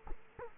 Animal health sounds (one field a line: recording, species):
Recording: mosquito wingbeat signal from an infrared sensor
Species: Culex quinquefasciatus